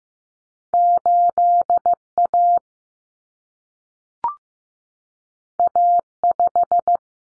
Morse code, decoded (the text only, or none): 8A A5